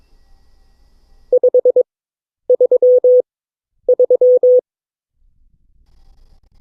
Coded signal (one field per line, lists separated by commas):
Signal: Morse code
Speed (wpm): 21 wpm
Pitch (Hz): 500 Hz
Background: none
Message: 533